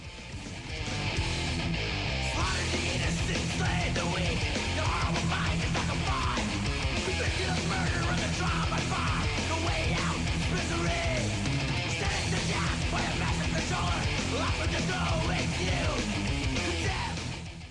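A thrash metal song plays loud and dense throughout, with distorted guitars, driving rapid drums and shouted vocals forming a constant wall of sound.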